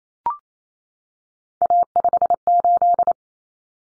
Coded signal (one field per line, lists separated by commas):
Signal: Morse code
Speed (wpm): 28 wpm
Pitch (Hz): 700 Hz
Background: none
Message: A58